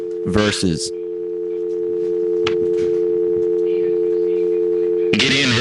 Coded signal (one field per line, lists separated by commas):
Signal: telephone call progress tone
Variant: North America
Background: speech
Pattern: dial tone